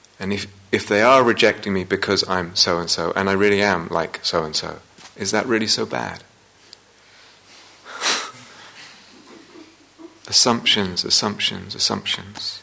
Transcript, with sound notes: And if they are rejecting me because I am so-and-so, and I really am like so-and-so, is that really so bad? [laughter] Assumptions, assumptions, assumptions.